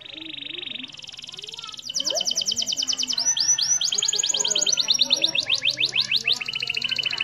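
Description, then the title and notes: Canary song opening with buzzy rattling tours, then fast repeated whistled trills and rolling sweeping notes. Canary master song, used to train other birds. "Suara Burung Kenari Masteran. master suara burung kenari mantap"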